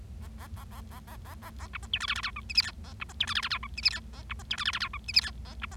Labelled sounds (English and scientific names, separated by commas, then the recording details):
Bengalese Finch (Lonchura striata domestica) song
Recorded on 25 March 2012 at 18:23
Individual gy6or6